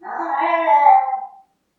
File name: cat